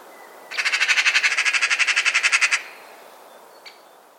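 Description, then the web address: Bird call: one long pulsed rattle of evenly spaced, bright notes lasting about two seconds, then a single short click-like note afterwards. "Deverinetal 2025 File origin Bird Only"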